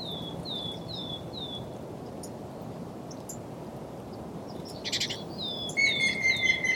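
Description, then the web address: Grey-headed woodpecker calls: a series of whistled notes in the last second or so, after higher down-slurred notes and a buzzy burst earlier, over soft low background noise. "linnut harmaap 2. linnut taustaa aanet"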